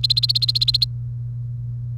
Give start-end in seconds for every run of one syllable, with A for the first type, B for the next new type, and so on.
0.00-0.85 A